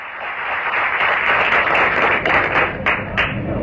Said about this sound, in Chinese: 大家掌声这么热烈 啊，给谁鼓掌？ 给您鼓掌啊。